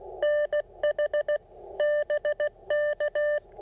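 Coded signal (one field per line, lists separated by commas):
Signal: Morse code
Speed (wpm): 16 wpm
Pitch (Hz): 600 Hz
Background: none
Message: NH BK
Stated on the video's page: Real-time CW POTA activation with an Icom IC-705, Morse pocket paddles, a Chameleon portable antenna and an Elecraft T1 tuner.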